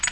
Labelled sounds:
Black-throated Green Warbler (Setophaga virens) flight call

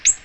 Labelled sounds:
Ovenbird (Seiurus aurocapilla) flight call

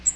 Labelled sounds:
Cape May Warbler (Setophaga tigrina) flight call

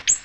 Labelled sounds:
Ovenbird (Seiurus aurocapilla) flight call

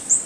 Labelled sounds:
Golden-winged Warbler (Vermivora chrysoptera) flight call

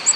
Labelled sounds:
Ovenbird (Seiurus aurocapilla) flight call

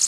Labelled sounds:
Canada Warbler (Cardellina canadensis) flight call

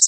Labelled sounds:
Common Yellowthroat (Geothlypis trichas) flight call

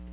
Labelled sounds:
Black-throated Blue Warbler (Setophaga caerulescens) flight call

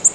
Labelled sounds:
Black-throated Green Warbler (Setophaga virens) flight call

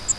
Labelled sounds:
Grace's Warbler (Setophaga graciae) flight call

